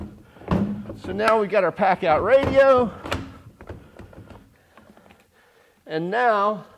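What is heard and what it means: A plastic Milwaukee PACKOUT toolbox radio is handled onto a plastic PACKOUT mounting plate, fastened with rivet nuts, on a toolbox lid while someone talks. A few light plastic taps and knocks come between about 3.1 and 5.1 seconds, then the talking resumes. Nothing has seated or clicked yet.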